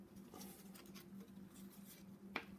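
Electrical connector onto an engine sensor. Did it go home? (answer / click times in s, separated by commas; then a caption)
yes / 2.4 s. An electrical connector is pushed onto a sensor on the engine block of a BMW 135i N54 E82 during an engine rebuild, the sensor being a crank or knock sensor. Low rustling and a steady hum run under the clip, then one sharp, loud click comes at 2.4 s. The connector is fully seated and confirmed good.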